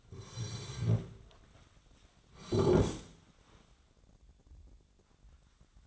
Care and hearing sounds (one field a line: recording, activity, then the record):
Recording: daily activity, microphone in the room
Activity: sit down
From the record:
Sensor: 3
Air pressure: 1009.3 hPa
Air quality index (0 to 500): 182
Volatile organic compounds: 3 ppm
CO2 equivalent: 1472 ppm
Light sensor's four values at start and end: 160/331/170/200 and 48/122/54/55